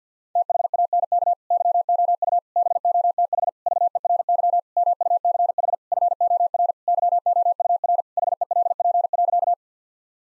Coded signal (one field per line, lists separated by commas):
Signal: Morse code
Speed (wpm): 50 wpm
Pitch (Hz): 700 Hz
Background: none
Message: THANK YOU BOTH VERY MUCH FOR YOUR HELP.